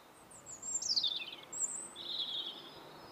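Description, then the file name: European robin giving thin, very high notes: a descending glide of scratchy sounds, then a brief high whistle and a longer wavering note, over faint background hiss. "Erithacus rubecula"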